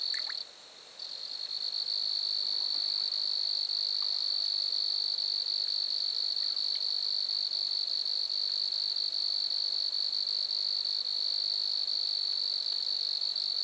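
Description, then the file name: Grasshopper call: a shrill, rapidly pulsed buzz with a short gap near the first second, then a long steady drone. Grasshoppers recorded at Lac-à-François, Montcerf-Lytton, Quebec, Canada. "criquets-grasshoppers- -lac-acc 80-franccca 7 ois-montcerf-lytton-quecc 81 bec-canada"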